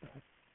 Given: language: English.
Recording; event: throat vibration sensor signal played as sound; cough